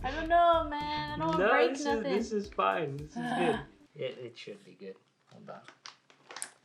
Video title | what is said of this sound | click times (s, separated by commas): Mac Girl Builds Her First Streaming PC for Twitch - Follow-Along Guide for Beginners - Late 2020 | yeah see it kind of it is a little bit hard to click maybe because the box is empty there we go okay | 6.4 s